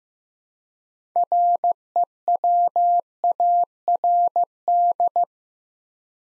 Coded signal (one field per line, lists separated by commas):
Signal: Morse code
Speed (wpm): 15 wpm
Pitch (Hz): 700 Hz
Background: none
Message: REWARD